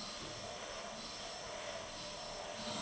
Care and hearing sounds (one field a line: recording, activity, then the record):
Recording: daily activity, microphone in the room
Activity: vacuum cleaning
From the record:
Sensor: 4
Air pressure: 1010.4 hPa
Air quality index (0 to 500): 179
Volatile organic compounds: 5 ppm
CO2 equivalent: 1813 ppm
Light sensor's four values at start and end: 33/98/38/38 and 33/98/38/38